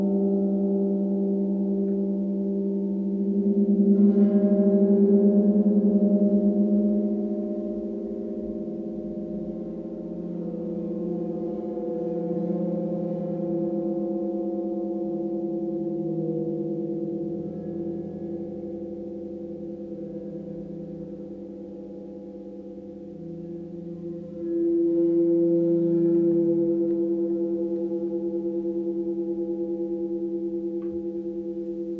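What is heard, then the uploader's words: A gong hums in a long, sustained drone, its low and middle tones ringing steadily with slow wavering beats. It swells louder around four seconds, then fades gradually before a fresh strike near twenty-five seconds brings a brighter surge of shimmer. 30 mins Gong meditation.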